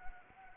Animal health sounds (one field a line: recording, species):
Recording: mosquito wingbeat signal from an infrared sensor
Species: Anopheles arabiensis